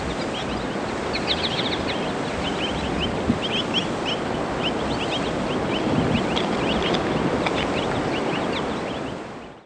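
American goldfinch twittering song: quick, thin notes chattering steadily high in pitch throughout, partly buried under a constant loud hiss of background noise.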